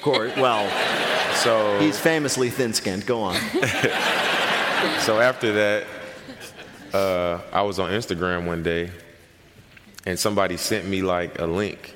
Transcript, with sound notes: well...
(LAUGHTER)
So...
He's famously thin-skinned. Go on.
(LAUGHTER)
So after that, I was on Instagram one day and somebody sent me, like, a link.